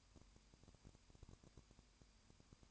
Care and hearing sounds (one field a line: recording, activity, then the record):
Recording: daily activity, microphone in the room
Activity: no activity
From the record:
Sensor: 2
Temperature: 20.8 degrees Celsius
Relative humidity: 38.3%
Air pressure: 1010.4 hPa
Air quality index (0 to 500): 200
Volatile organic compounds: 19 ppm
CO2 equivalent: 2651 ppm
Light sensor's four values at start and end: 2/3/2/2 and 2/3/2/2